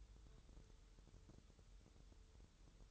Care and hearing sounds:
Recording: daily activity, microphone in the room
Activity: take from stove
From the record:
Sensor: 3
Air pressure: 988.3 hPa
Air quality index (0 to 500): 191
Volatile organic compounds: 264 ppm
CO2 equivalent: 4397 ppm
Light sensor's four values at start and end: 24/76/32/27 and 24/76/32/27

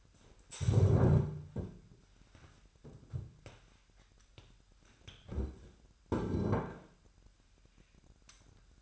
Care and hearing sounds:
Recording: daily activity, microphone in the room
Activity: stand up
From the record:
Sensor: 2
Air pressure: 998.3 hPa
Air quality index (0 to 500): 128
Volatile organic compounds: 3 ppm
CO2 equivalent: 1451 ppm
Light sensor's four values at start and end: 7/17/7/8 and 6/13/6/7

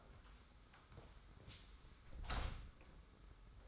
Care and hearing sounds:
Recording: daily activity, microphone in the room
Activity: close door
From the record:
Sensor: 3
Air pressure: 991.6 hPa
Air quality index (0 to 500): 140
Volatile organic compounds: 303 ppm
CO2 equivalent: 4488 ppm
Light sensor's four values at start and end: 41/116/47/41 and 41/116/47/41

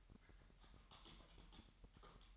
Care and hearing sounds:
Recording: daily activity, microphone in the room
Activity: typing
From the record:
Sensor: 3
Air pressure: 1002.0 hPa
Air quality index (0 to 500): 246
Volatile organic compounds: 50 ppm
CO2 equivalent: 3295 ppm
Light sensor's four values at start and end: 13/39/16/14 and 13/39/16/15

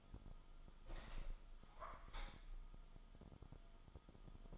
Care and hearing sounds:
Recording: daily activity, microphone in the room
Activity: open window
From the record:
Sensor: 5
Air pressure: 1004.7 hPa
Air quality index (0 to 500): 85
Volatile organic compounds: 2 ppm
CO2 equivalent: 1022 ppm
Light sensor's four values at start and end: 34/80/32/31 and 34/80/32/31

